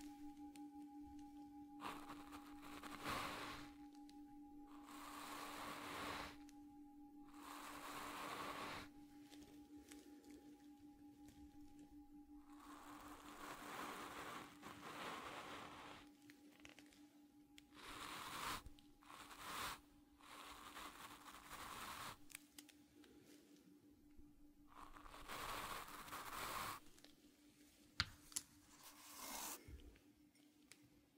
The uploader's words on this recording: Focus Tibetan Singing Bowl and Ear Brushing. ASMR Sounds Binaural Triggers Relaxing caresses on your ears with different brushes, foam and burlap during the tinkling of a Tibetan Bowl.